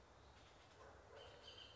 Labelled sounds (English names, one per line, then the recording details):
Bullock's Oriole
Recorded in Sonoma County, California